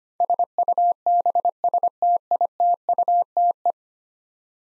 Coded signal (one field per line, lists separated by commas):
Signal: Morse code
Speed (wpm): 25 wpm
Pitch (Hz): 700 Hz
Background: none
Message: SUBSTITUTE